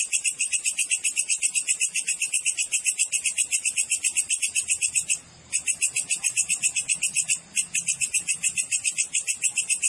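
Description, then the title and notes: Cricket trill, fast throbbing high-pitched pulses in a continuous stream, interrupted by two brief breaks. Clean natural cricket recording with tightly spaced chirps, used as a master track for training songbirds and for repelling rats. "Masteran Jangkrik Alam Jernih, Jeda Rapat Cocok Untuk Masteran Burung Dan Mengusir Tikus. suara jangkrik"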